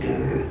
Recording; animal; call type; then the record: contact call of a hoofed animal; pig; closed-mouth grunt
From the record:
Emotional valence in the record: negative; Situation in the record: short social isolation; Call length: 0.50 s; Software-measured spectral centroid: 1410 Hz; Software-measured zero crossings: 950 a second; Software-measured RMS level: -24 dBFS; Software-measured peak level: -13 dBFS